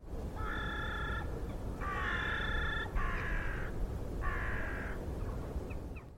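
Bird calls: four harsh, harmonic cawing notes, each up to about a second long, spaced irregularly over a steady, loud low rumble of background noise.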